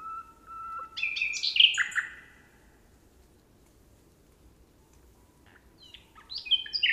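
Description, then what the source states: Common nightingale song: a loud phrase of whistles and rich, scratchy notes, then several seconds of silence before another varied phrase begins. 26 June.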